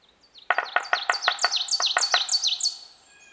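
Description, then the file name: Ovenbird song: a rapid series of repeated sharp, down-slurred high phrases, with loud clicking sounds over the first several, fading out at the end. "Seiurus aurocapilla - Ovenbird"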